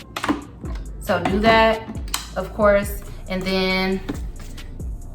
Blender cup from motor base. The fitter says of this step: So unclick it,